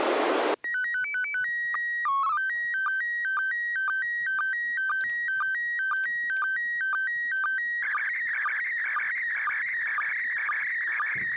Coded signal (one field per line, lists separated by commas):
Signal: SSTV (slow-scan television)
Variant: PD 120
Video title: Decoding SSTV images pt 3: Decoding more images